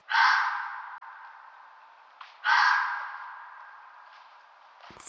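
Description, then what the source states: Red fox giving two long hoarse, wheezy calls, each trailing off slowly. Quiz sound D, later revealed as a fox; described as sounding very similar to a roe deer.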